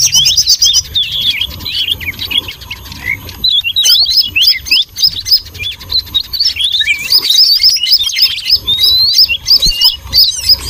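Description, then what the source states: Many birds chattering with high, clipped chirps and squeaks; the chorus eases briefly early on, then swells back into dense, overlapping twittering. Noisy bird chatter used for luring (pikat) birds.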